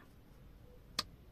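The big socket connector of a manual car tyre pump is pressed from behind into its fitting against a low, steady background. A single sharp click sounds at 1.0 s as the connector seats and locks.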